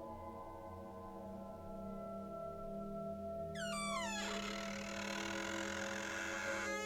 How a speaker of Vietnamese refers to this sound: Nói xong, cô rút từ trong túi ra một cái chìa khóa, mở cửa phòng. Cánh cửa phòng lâu ngày cũng như thường xuyên bị hóa chất làm bốc hơi. Nó rít lên những tiếng cót ca cót két.